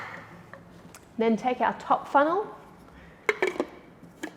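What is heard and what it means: Someone talks while handling the plastic top funnel of a 35mm film developing tank, before it is set on top and twisted to the right to click into place. Short, sharp plastic knocks are heard around 3.3 to 3.6 seconds, with a fainter one near 4.2 seconds. Nothing has seated or clicked yet.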